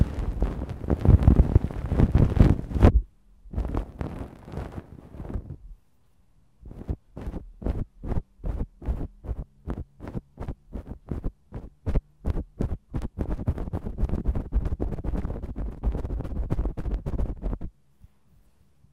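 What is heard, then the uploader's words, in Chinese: Feather-wand ASMR: dense brushing rustles, a brief pause, then quick regular strokes that thicken again before stopping near seventeen seconds, leaving faint hum. 鹅毛棒耳骚。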